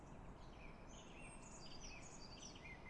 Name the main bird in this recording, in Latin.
Cyanistes caeruleus